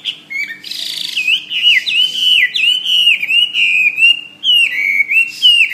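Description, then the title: Bird song: a steady chain of slurred whistled notes, each dipping and rising, with some buzzy bursts. "SuaraBurung Kicau"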